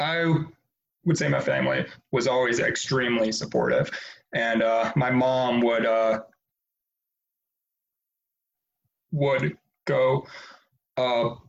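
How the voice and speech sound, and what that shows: An adult woman who has stuttered all her life, with ups and downs in severity, speaks in short runs. There is a drawn-out opening 'I' and a prolonged 'and my mom would', then a nearly three-second silent block before she repeats 'would' and stretches 'go'. These blocks, repetitions and prolongations are typical of stuttering.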